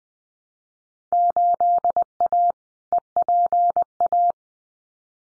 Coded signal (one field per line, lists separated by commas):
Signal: Morse code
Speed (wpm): 20 wpm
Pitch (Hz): 700 Hz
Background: none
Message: 8A EPA